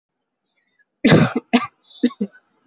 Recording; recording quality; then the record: shallow voluntary cough; excellent, no background noise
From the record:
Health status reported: healthy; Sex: female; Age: 20 years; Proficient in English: yes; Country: India